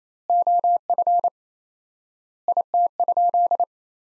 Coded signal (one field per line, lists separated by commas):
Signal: Morse code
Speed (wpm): 28 wpm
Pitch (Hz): 700 Hz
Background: none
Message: OF IT?